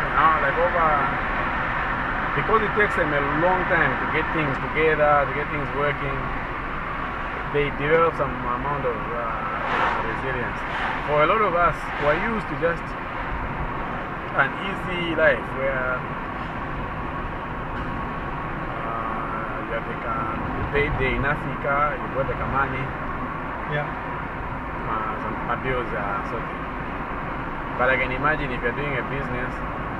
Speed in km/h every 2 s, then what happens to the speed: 71, 70, 67, 65, 64, 62, 60, 59, 59, 60, 59, 61, 63, 63, 62.
0-14 slows to 59. 14-30 steady at about 60.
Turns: none.